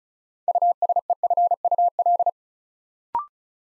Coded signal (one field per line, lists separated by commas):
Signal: Morse code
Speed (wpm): 36 wpm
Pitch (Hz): 700 Hz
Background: none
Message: USEFUL